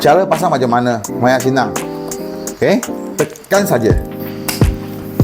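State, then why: Seated. Someone talks over background music while pushing the free snow foam tank into the quick connect on an Antirain KS7 water jet pressure washer gun. A single sharp click is heard at 4.5 s as the tank seats in the quick connect and the connection is done.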